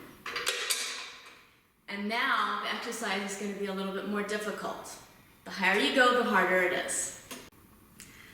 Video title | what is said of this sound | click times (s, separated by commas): 7 Simple Squat Workout Routine on the Total Gym - Total Gym Pulse | as many levels as you want make sure it clicks into place replace the safety pin | 0.3 s, 0.5 s